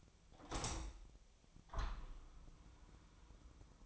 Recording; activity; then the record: daily activity, microphone in the room; open window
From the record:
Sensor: 1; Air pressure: 1004.7 hPa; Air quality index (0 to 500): 101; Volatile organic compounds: 3 ppm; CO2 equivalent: 1384 ppm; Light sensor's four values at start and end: 8/20/8/8 and 8/21/8/9